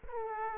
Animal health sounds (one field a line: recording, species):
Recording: mosquito wingbeat signal from an infrared sensor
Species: Aedes aegypti